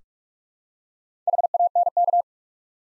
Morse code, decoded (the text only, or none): HANK